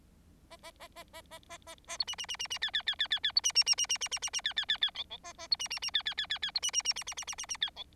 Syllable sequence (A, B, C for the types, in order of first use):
A A A A A A A A A B C C C C C D D D D D D B C C C C C C C C C D D D D E E A A B C C C D D D D D B C C C C C C C C C D E